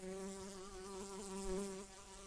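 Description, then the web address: Brown-banded carder bee buzzing: a steady, low, droning hum with a slight wavering in pitch throughout. Worker bees. "Humilis workers"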